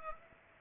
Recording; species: mosquito wingbeat signal from an infrared sensor; Aedes aegypti